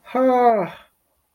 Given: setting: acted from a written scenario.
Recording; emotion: vocal sound without words; pain